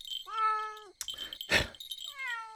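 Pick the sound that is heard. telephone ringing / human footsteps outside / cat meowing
cat meowing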